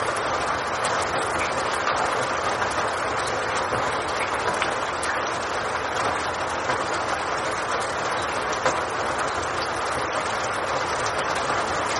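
Heavy rain pours down steadily, a dense, even hiss that holds the same level for the whole stretch. Countless fine drop impacts crackle through the bright upper range over a soft, continuous rushing wash, with no breaks or lulls.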